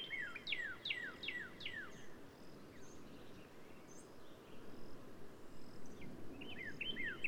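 Black-capped vireo song: a quick run of sharp, downslurred notes, then a pause and another short burst of similar notes near the end.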